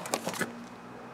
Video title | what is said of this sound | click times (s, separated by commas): How to install fog lights | and you'll feel it snap in place | 0.1 s